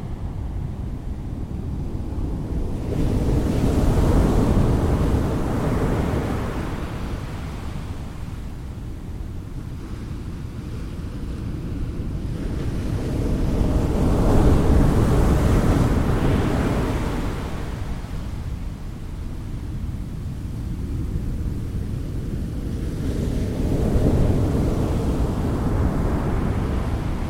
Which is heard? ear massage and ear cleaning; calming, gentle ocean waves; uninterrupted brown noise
calming, gentle ocean waves